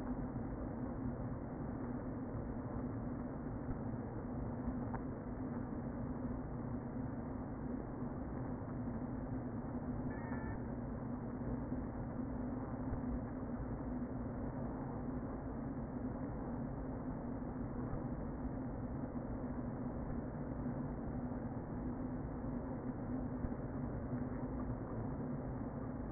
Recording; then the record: honeybee colony, microphone inside the hive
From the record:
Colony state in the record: queen present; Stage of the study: before two queens were removed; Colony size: about 60,000 bees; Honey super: yes